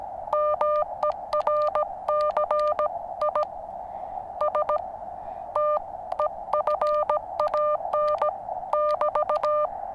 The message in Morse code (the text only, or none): MERCI STEFAN <BT>